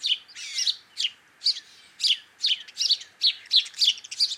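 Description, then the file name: House sparrow chirping, short harsh cheep notes repeated about three times a second, with no other clear sounds. "Passer domesticus"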